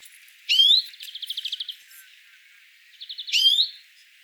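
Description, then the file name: European greenfinch calls: two short twittering phrases, each combining a sharp rising-falling note with a rapid trill of buzzy pulses, about a second apart. "Chloris chloris"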